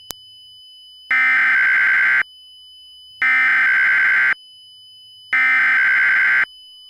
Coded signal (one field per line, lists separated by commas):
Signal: Emergency Alert System (SAME) tones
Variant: header bursts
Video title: EAS Mock #1: 4th of July Tornado Warning